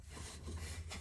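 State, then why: Not seated. A front heated oxygen sensor plug on a Nissan is lined up and pushed toward its harness connector socket, giving soft rubbing and scraping against a steady low hum. The plug has not clicked or seated yet.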